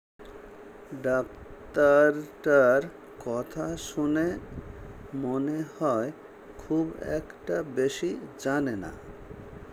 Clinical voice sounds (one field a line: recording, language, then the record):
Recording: elicited speech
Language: Bengali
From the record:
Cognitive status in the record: dementia